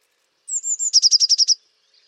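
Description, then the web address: Eurasian blue tit call: a few thin high notes followed by a rapid buzzy trill of about seven pulses, lasting around a second. "cianscape birddata Deverinetal 2025 File origin Bird Only Cy Ca"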